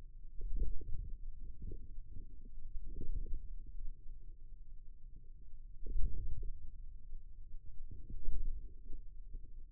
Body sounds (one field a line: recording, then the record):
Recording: forearm muscle sounds (acoustic myography)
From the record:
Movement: hand closing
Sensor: system 2, bracelet of six BSWA MPA416 microphones around the upper forearm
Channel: 2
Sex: male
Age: 22 years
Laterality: right